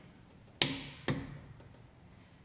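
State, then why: Torque reached. A torque wrench set to 120 N·m tightens a wheel nut on a car hub and gives a sharp click at 0.6 s, with a fainter second sharp sound at 1.1 s before the ringing fades. The click confirms the nut is tightened to torque.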